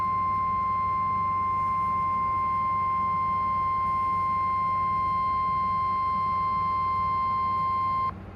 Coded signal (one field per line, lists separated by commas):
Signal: Emergency Alert System (SAME) tones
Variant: 1050 Hz attention tone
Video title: Ohio's Wrath: IV (EAS #281-299)